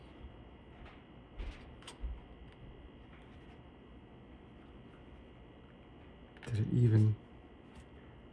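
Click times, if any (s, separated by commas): none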